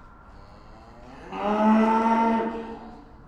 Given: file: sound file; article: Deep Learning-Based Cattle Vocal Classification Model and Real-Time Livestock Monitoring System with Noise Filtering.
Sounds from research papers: cattle; estrus call

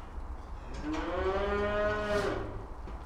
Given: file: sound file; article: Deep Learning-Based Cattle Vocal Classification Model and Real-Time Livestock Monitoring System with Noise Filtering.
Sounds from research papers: cattle; food anticipating call

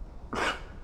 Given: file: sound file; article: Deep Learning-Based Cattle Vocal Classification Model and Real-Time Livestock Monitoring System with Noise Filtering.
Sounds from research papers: cattle; cough sound

